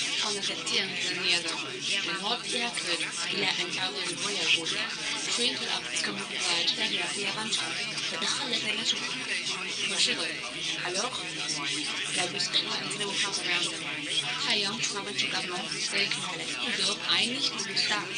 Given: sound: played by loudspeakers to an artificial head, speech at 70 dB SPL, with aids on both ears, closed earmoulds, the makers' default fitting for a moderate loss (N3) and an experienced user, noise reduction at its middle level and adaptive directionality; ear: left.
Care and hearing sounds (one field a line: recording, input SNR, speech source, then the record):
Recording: speech test signal (ISTS) in cocktail-party noise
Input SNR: 0 dB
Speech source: on the right (90 degrees)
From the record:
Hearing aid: class 2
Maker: A